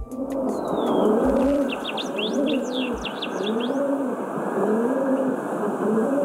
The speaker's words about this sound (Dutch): Wat horen we hier? De stadsduif. De stadsduif? Ja. Het is een bekend melodietje, hè? Het is de houtduif.